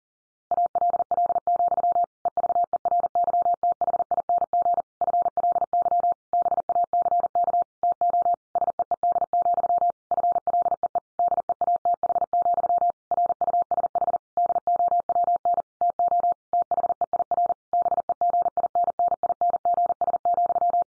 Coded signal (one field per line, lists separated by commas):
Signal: Morse code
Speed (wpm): 40 wpm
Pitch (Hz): 700 Hz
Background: none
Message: ALL, EVERYTHING FLY BACK TO SEED, FLEE DEATH, RUSH DOWN TO THEIR BEGINNINGS,